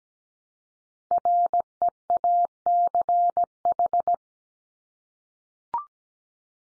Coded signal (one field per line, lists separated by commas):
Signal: Morse code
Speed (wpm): 17 wpm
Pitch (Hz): 700 Hz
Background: none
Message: REACH